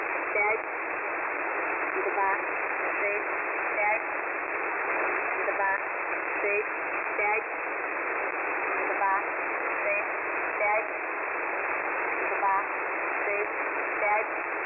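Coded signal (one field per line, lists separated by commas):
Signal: numbers station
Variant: S06s, Russian female voice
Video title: [S06s "Russian lady 00000"] 13.October 2020 11:00 UTC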